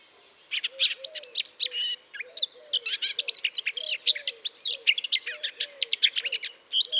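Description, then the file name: Eurasian blackcap song, a dense run of fast, varied chirps and warbled notes, with soft low rhythmic notes repeating underneath throughout. "Sylvia atricapilla"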